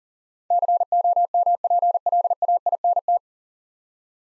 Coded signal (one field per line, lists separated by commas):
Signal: Morse code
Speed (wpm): 37 wpm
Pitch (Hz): 700 Hz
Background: none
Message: COMPLAINT